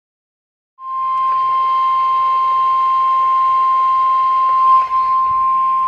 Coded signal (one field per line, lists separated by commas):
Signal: Emergency Alert System (SAME) tones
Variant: 1050 Hz attention tone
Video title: EAS#407 & EAS#408 Severe Thunderstorm Warning KIH46 & K-LOVE